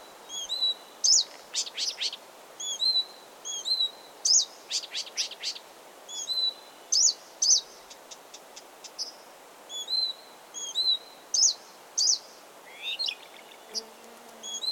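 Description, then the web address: Blyth's reed warbler song: repeated high chirping phrases with clicks and harsh broad notes. Recorded 16 June 2022. "fagelljud 20220616 busksangare"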